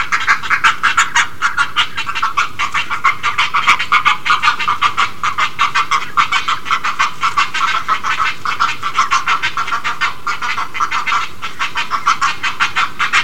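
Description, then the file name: Great egret producing a continuous run of rapid, grating pulses for the whole stretch, with little variation. "kotuku"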